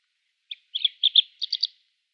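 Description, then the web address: Kordofan lark song phrase: a single short note, then two pairs of buzzy notes and a slightly higher triplet, all high-pitched and lasting under two seconds, against silence. "Schulze Peter Kordofan Lark song"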